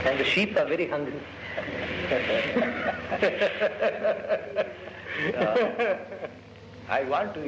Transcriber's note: laughs